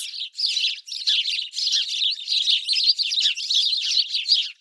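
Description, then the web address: House Sparrow chirping almost without pause, harsh chirps and chatter forming a busy, continuous twittering. "BIRD NOTE. House Sparrows"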